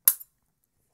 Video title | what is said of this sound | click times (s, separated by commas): Unboxing: Intel T11B - 11.6" 2-In-1 Windows Tablet Computer! | with a satisfying click | 0.1 s